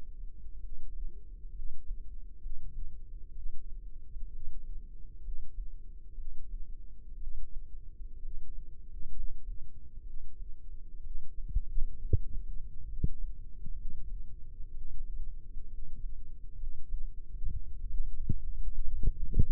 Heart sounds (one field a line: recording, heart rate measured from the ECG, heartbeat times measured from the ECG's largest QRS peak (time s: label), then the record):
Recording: heart sounds by microphone in the left ear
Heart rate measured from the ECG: 64 bpm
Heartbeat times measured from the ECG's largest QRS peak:
0.60 s: heartbeat
1.52 s: heartbeat
2.39 s: heartbeat
3.32 s: heartbeat
4.30 s: heartbeat
5.20 s: heartbeat
6.14 s: heartbeat
7.17 s: heartbeat
8.19 s: heartbeat
9.11 s: heartbeat
10.02 s: heartbeat
11.00 s: heartbeat
11.98 s: heartbeat
12.85 s: heartbeat
13.74 s: heartbeat
14.70 s: heartbeat
15.66 s: heartbeat
16.55 s: heartbeat
17.44 s: heartbeat
18.39 s: heartbeat
19.29 s: heartbeat
From the record:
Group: healthy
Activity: rest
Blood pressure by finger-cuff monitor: 116/72 mmHg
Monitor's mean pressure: 84 mmHg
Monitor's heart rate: 65 bpm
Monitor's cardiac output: 5.2 L/min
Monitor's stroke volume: 83 mL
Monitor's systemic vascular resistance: 1160 dyn s/cm5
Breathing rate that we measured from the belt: 17 breaths a minute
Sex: female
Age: 22 years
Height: 171 cm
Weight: 65.6 kg